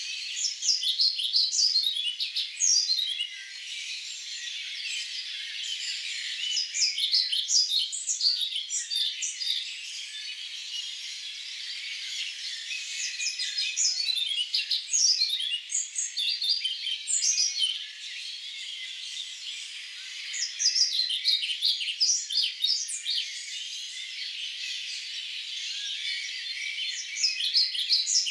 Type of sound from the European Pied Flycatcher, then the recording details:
song. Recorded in the wild. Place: Lilienhof / Kaiserstuhl, Baden-Württemberg, DE. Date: 2011-05-08. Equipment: MiniDisc Sharp MT 20 H. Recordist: Schwarz, Dieter. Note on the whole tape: Song